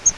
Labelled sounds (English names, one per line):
Grace's Warbler flight call